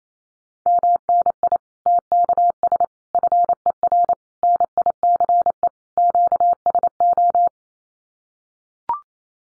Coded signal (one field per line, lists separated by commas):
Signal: Morse code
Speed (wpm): 28 wpm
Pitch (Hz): 700 Hz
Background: none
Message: MNI TKS FER NICE QSO